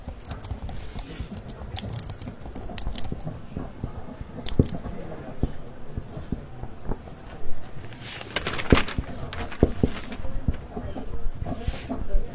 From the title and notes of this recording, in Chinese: 公共图书馆沉浸式学习 图书馆环境音 打字声 写字翻书。